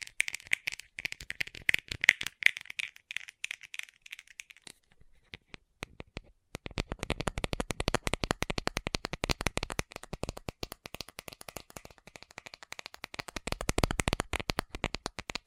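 Fast tapping in dense, rapid bursts of sharp clicks. For the first five seconds the taps are bright and crisp. A near-silent pause follows, then from about 6.5 seconds fuller, heavier tapping resumes and stays busy to the end, peaking around 14 seconds.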